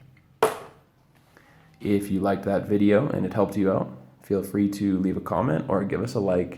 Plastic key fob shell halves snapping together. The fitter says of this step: Now just click the two pieces back together and you're done.